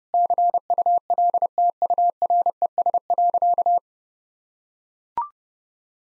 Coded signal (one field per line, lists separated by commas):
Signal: Morse code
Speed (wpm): 30 wpm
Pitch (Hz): 700 Hz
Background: none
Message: CULTURES.